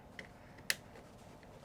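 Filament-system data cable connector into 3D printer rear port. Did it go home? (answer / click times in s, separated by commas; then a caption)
yes / 0.7 s. The plastic connector of the AMS data cable is pushed into its port on the back of a Bambu P1S 3D printer. It seats with one sharp, bright snap at 0.7 s, preceded by faint ticks around 0.2 s and followed by a soft tick near 1.4 s. The connector is confirmed clicked in and seated.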